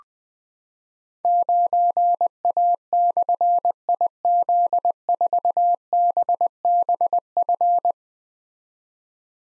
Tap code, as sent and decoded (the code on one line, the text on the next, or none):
none